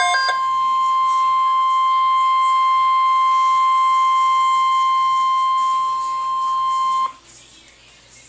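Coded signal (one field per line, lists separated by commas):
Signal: Emergency Alert System (SAME) tones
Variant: 1050 Hz attention tone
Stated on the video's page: Severe Thunderstorm Watch tones received live on a Midland WR-100 weather radio.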